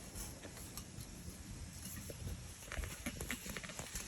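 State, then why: Not seated. Plastic frame tubes of an animatronic prop are worked together while trying to push a spring snap lock into the frame joint, with clinking and fumbling and sharp knocks at about 2.8, 3.1 and 3.3 seconds. The snap lock fails to engage, and nothing has seated or clicked yet.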